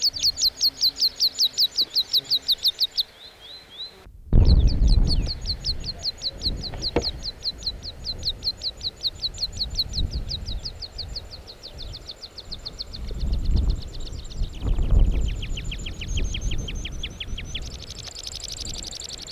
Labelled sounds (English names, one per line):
Meadow Pipit song